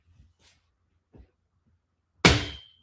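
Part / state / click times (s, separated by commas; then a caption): sewing table leg into table frame mount / seated / 2.3 s. The first folding leg of a new sewing table for a Brother SE1900 is pushed into its mount on the table frame. After a few faint handling bumps, a sharp, loud snap at 2.3 s with a brief ringing tail marks the leg seating home.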